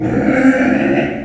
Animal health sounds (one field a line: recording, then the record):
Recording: squeal of a Yucatan mini pig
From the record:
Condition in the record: after surgery on the right vocal fold (resection and tissue-engineered implant)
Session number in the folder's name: 3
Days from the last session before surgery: 21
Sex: female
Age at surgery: 19 weeks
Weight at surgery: 25 kg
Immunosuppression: prednisolone